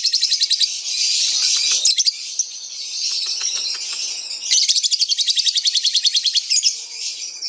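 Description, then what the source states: Lovebird trilling song, a high, dense, rapidly pulsed chatter that softens through the middle, then returns as a sharper, evenly pulsed trill. Lovebird ngekek song, a long trilling song used as a lure (kicau pancingan).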